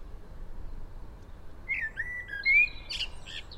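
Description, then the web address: Common blackbird song: a single short phrase of rich, sliding whistled notes that closes with a brief high twitter, set against steady background noise. "SETE Turdus merula"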